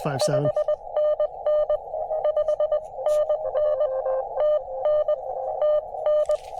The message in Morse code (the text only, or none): 5NN 5NN TN TN